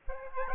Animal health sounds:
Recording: mosquito wingbeat signal from an infrared sensor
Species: Aedes aegypti

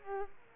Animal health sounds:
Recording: mosquito wingbeat signal from an infrared sensor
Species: Aedes aegypti

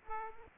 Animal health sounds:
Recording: mosquito wingbeat signal from an infrared sensor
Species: Aedes aegypti

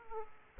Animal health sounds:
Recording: mosquito wingbeat signal from an infrared sensor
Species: Aedes aegypti

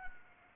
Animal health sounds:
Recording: mosquito wingbeat signal from an infrared sensor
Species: Anopheles arabiensis

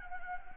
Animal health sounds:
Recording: mosquito wingbeat signal from an infrared sensor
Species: Anopheles gambiae

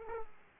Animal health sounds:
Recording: mosquito wingbeat signal from an infrared sensor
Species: Aedes aegypti

